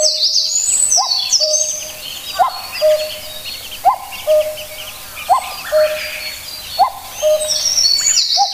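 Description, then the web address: Common cuckoo sounding its steady, descending cu-coo about every second and a half, with other small birds chirping high above. "sikioto. kakkou"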